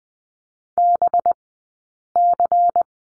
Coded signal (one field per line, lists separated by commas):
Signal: Morse code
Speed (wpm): 20 wpm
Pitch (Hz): 700 Hz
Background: none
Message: BC